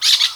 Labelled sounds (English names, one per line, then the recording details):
Brown-throated Parakeet contact call
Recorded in Venezuela
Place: Guárico; Corozopando; Fundo La Fe
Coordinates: 8.506, -67.593